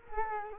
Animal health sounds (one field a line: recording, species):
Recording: mosquito wingbeat signal from an infrared sensor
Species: Culex quinquefasciatus